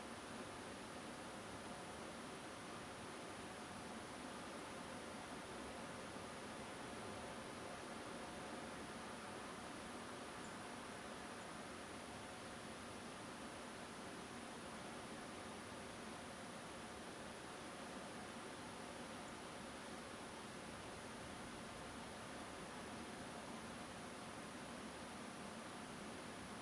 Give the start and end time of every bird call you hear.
[4.58, 4.61] Turdus philomelos
[10.43, 10.47] Turdus philomelos
[11.40, 11.44] Turdus philomelos
[19.27, 19.30] Turdus philomelos

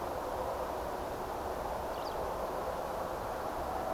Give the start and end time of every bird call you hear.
[1.92, 2.15] Alauda arvensis

